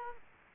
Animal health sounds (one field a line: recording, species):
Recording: mosquito wingbeat signal from an infrared sensor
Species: Culex quinquefasciatus